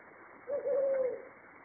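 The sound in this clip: Brown fish owl giving a single drawn-out, slightly wavering mid-pitched moaning note lasting under a second, over steady background hiss.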